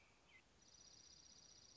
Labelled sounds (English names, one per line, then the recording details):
Dark-eyed Junco
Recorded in Sonoma County, California